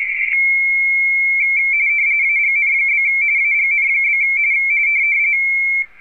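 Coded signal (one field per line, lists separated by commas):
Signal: RTTY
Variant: 45.45 baud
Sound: steady high idle tone, then a rapid warbling two-tone chatter that continues to the end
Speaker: W2 NRA is trying to get him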